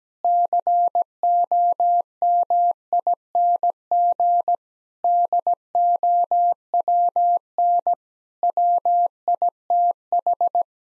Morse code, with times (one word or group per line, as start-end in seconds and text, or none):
0.2-4.5 COMING
5.0-7.9 DOWN
8.4-10.6 WITH